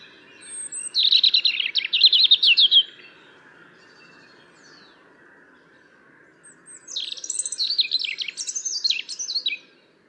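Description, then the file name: European robin song: two bursts of high, thin warbled notes and rapid chirping trills, separated by a quiet pause of about four seconds, over a soft steady background hum. "Erithacus rubecula"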